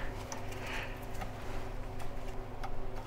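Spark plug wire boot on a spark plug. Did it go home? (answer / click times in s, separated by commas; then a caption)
released / 0.3 s. A rubber spark plug wire boot is pulled off its spark plug on the 5.7L 350 cid V8 Chevy engine of a C3 Corvette, releasing with a sharp, short pop at 0.3 s. Low steady hum fills the background, and another short tick comes at about 2.6 s.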